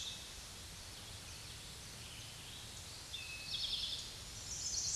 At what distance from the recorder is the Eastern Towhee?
about 40 m